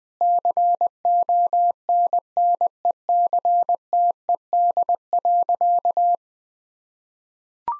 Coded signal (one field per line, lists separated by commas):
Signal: Morse code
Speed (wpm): 21 wpm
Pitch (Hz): 700 Hz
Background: none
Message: CONNECTED.